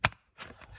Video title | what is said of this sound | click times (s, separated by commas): Jeep Speed Control Switch Replacement - Jeep Cruise Control Not Working | You'll know the wiring harnesses are properly installed when they click into place. | 0.1 s